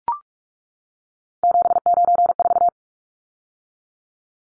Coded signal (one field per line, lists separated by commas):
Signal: Morse code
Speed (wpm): 44 wpm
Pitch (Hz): 700 Hz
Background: none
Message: 794